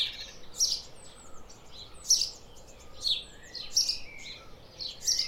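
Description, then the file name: House sparrow chirping, sharp high notes in loose bursts, over constant low background noise. "Passer domesticus"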